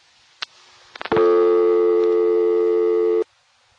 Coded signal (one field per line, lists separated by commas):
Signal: telephone call progress tone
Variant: North America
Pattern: dial tone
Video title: Vintage telephone network sounds part 1